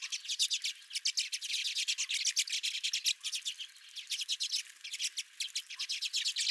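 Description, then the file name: Redpolls calling together, a dense dry rattling chatter of rapid buzzy notes in bursts. Several redpolls visiting the recordist's feeder. "Redpolls at My Feeder"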